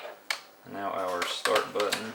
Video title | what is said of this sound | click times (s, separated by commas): Meso Customs Start Button and 4wd Shifter Trim plus a surprise. | clicks in with a satisfying click | 0.3 s